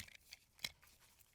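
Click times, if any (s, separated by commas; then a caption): none. Metal legs are being unfolded from the plastic base of a desktop microphone stand, giving a few short handling clicks and rattles, with sharp transients at about 0.3 and 0.7 seconds. Nothing has clicked into place yet; the legs are still being handled and are not seated.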